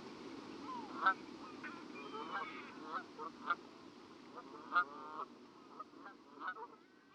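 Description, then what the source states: Canada Goose: honks sounding singly and in small clusters at irregular intervals against a broad rushing background noise. Several geese.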